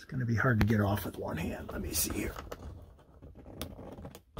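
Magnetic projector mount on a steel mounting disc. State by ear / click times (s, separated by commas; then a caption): released / 3.6 s. Someone talks while pulling a magnetic projector mount one-handed off a steel mounting disc stuck to a composite ceiling, which is hard to get off. A few faint ticks come first, then a sharp clack at 3.6 s as the mount releases from the disc.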